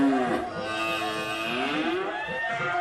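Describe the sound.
A voice imitates a milking machine starting up after its green button is pressed, with the teat cups put on a cow: a steady, buzzy droning hum with a gently wavering pitch, held at an even loudness for about three seconds.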